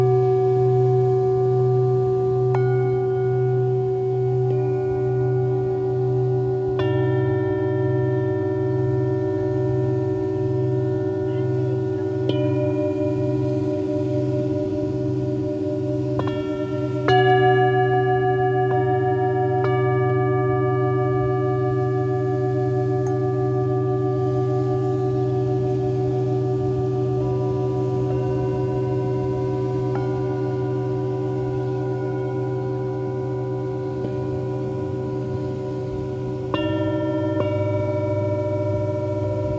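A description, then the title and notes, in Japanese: Singing bowls ring in long, overlapping tones, with a deep steady hum underneath and bright upper rings that fade slowly. Fresh strikes land every few seconds, near 3, 7, 12, 17 and 36 seconds, over a soft, constant wash of waves. メキシコから シンギングボウルのサウンドヒーリング。メキシコ時間８／25(木)の夜 ビーチでのサウンドヒーリングのライブ収録です。波音とシンギングボウルの音。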